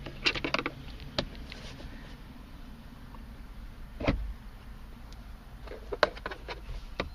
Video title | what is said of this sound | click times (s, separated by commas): Replace Cabin Air Filter on 2010 Subaru Forester X Premium YouTube 720p | the same thing on this side and push in and you hear the snap and | 6.0 s